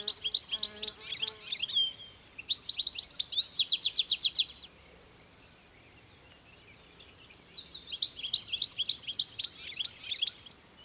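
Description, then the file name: European goldfinch twittering in rapid, liquid high phrases mixed with buzzy trills, a pause of about three seconds, then another lively twittering burst. "Carduelis carduelis"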